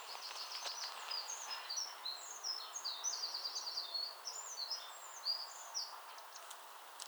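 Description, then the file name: Eurasian wren song: a long, fast series of high, sharp notes that includes a quick rattling trill partway through, over a steady background hiss. "Troglodytes troglodytes"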